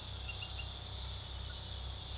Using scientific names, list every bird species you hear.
none